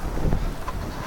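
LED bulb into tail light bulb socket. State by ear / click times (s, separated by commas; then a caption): not seated / none. A plastic-based 3157 LED bulb for the passenger-side reverse light of a Ford Crown Vic is handled at the tail light bulb socket. Two short sharp taps are heard over steady low wind-like rumble. Nothing has seated or clicked yet.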